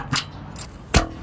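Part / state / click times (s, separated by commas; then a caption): solar panel mounting clamp into aluminum roof rail / seated / 0.9 s. A metal SunModo SMR solar mounting clamp is pressed into the aluminum rail of a pitched-roof solar racking system, ready to be slid along and tightened. A sharp click at about 1.0 s shows it has snapped into place and seated in the rail, after a fainter tap near 0.6 s.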